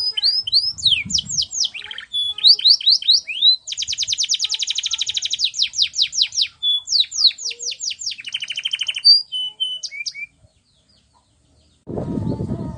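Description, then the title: Canary song of fast downslurred notes and long trilled rolls for about ten seconds, then silence and a burst of low noise at the end. Warm-up song; long rolling song used as a master recording to train young canaries to sing. "Canto Para Esquentar Canário Belga. Kenari AF gacor panjang untuk masteran, Kenari muda cepat gacor ngerol panjang"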